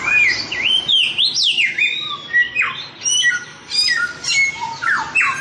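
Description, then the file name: Chinese grosbeak song full of high looping whistles, swooping downslurs and twanging notes. Samyong (Chinese grosbeak) masteran, a song-training recording. "masteran samyong omkicau"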